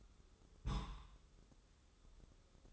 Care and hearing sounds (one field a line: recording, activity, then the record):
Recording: daily activity, microphone in the room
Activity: place on stove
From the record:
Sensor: 3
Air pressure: 995.4 hPa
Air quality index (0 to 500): 85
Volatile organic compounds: 8 ppm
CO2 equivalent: 2068 ppm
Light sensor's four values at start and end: 26/79/33/28 and 26/79/33/28